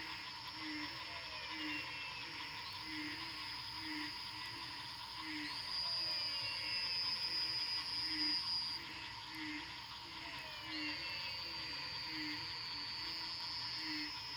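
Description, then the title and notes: Frog chorus with short low pulsed notes repeated about twice a second under dense high trilling, plus occasional soft falling whistles. Recorded at night after rain at Fortín Arce, Luque, Paraguay. "Nanawa &, PFVV+4JH, Fortín Arce, Luque 110917, Paraguay - sonidos de ranas después de la lluvia. grabación nocturna de las ranas"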